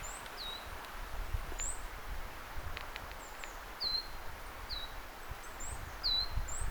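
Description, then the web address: Coal tit calls: several thin, high, downslurred notes at uneven intervals, mixed with even higher faint notes, over steady background noise. Plaintive calls heard within a small bird flock, 15 October 2024. "15 10 2024 kuusitiaisen haikeita aania pikkulintuparvi"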